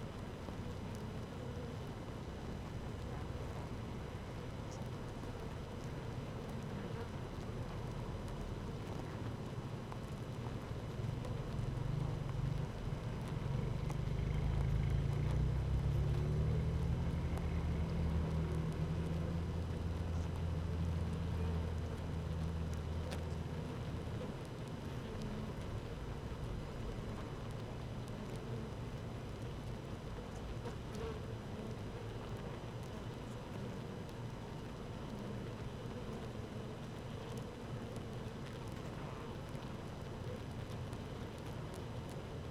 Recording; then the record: honeybee colony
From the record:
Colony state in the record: active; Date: 12 June 2018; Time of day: 15:08